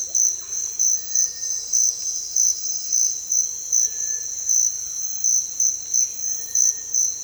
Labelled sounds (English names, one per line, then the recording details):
none
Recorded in dense forest near Puerto Asís, Putumayo, Colombia, on 16 December 2024 at 06:30
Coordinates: 0.468, -76.322
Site G071